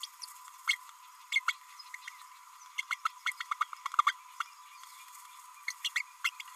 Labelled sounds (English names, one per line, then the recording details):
Green-rumped Parrotlet babbling
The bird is a male
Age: 29 days
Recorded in a nest box in Venezuela
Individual 17B32A6